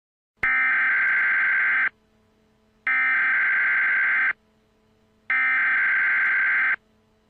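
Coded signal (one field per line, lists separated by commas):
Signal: Emergency Alert System (SAME) tones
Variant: header bursts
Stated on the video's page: Fictional Thanksgiving-themed EAS scenario, not a real alert.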